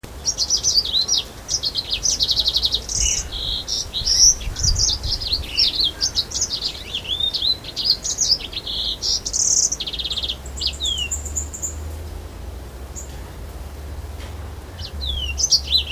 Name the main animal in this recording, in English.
Yellow-fronted Canary